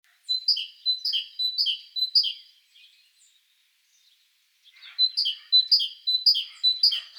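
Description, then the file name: Great tit repeating high, bright two-note phrases in two bouts, about four each, broken by a quiet pause with faint chips. "Parus major"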